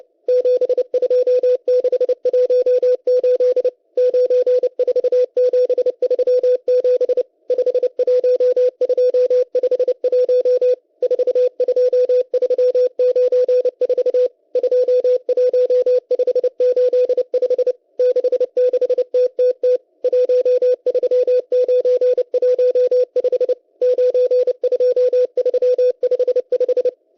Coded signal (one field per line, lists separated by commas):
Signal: Morse code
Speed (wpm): 30 wpm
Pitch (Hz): 500 Hz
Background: none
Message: 72618 94737 51251 42394 21585 66TTT 13915 92355